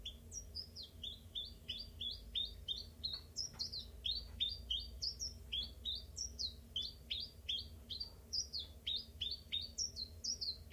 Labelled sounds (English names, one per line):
Common Chiffchaff